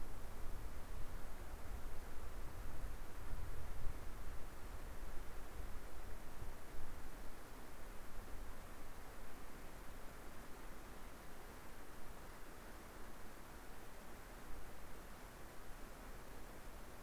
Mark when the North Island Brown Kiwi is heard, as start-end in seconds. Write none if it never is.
none